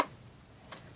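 Someone presses the wooden back piece of a wooden Christmas craft kit into its slot, expecting it to snap in. There is a sharp knock at the very start that fades, then a faint, brief tick at 0.7 s over quiet background. The piece does not fit and nothing has snapped into place yet.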